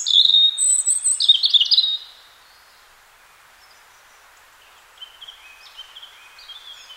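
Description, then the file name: European robin song: a loud burst of high, thin, varied warbling notes for two seconds, a pause, then a quieter, scratchier phrase near the end. "Erithacus rubecula"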